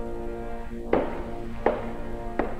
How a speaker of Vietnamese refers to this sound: Cái tiếng quen thuộc mà đã lâu lắm ông mới nghe thấy, ấy là tiếng guốc gỗ nện xuống nền nhà của người vợ đã quá cố ngày xưa.